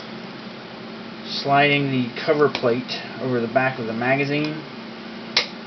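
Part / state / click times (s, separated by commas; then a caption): magazine base plate onto a pistol magazine body / seated / 5.4 s. Someone talks while sliding a polymer base plate over the bottom of a Glock pistol magazine. At 5.4 s the plate pops into place with a sharp snap, seating it and finishing the magazine rebuild.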